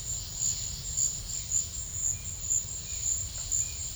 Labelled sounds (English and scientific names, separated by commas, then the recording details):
none
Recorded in secondary vegetation near Puerto Asís, Putumayo, Colombia, on 28 February 2025 at 13:00
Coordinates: 0.498, -76.327
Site G001